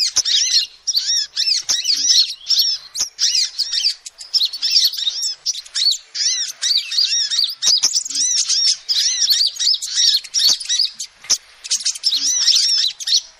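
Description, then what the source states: Lovebirds keep up a rapid, high-pitched twittering of squeaks and short rising-falling notes that barely pauses, with occasional sharp clicks. Recording used as a lure to trap birds.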